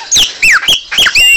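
Chopi Blackbird song of quick, loud whistled slurs, mostly falling, given in four rapid bursts within about a second and a half.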